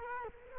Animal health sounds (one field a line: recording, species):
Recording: mosquito wingbeat signal from an infrared sensor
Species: Culex quinquefasciatus